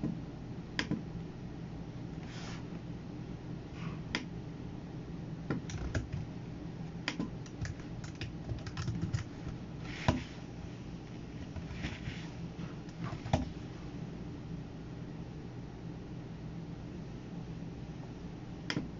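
Sounds of working at a computer: scattered sharp clicks and taps, like keys or a mouse, come in irregular bursts, denser between about 5 and 13 seconds. Under them runs a steady low hum that never lets up.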